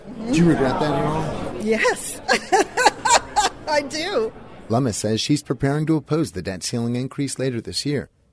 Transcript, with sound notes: “Do you regret voting for that at all?”
“Yes! (laughs) I do.”
Lummis says she’s preparing to oppose the debt ceiling increase later this year.